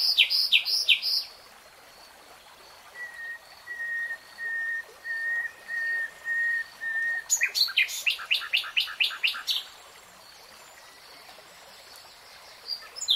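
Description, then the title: Nightingale song: a fast trill, then a series of pure whistled notes, building into a loud rapid rattling phrase before silence. Nightingale singing in real time. "[Tiếng chim hót] 3 Hours REALTIME Nightingale Singing"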